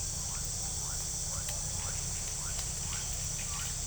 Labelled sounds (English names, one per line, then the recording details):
none
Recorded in pastures near Puerto Asís, Putumayo, Colombia, on 22 December 2024 at 18:30
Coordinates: 0.497, -76.327
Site G088